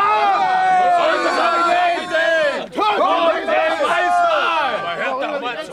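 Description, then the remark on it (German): A crowd of rowdy sailors, given rum to celebrate, roaring and shouting together in a loud, continuous din of overlapping voices, rising and falling in boisterous, drunken carousing with only a brief dip partway through. “Hört die Kerle brüllen.”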